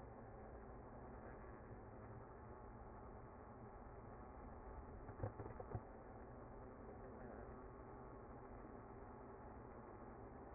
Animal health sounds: honeybee colony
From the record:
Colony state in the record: active

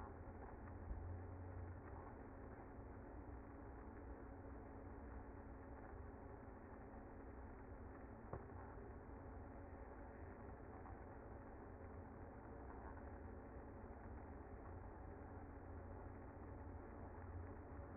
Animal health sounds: honeybee colony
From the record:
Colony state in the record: active

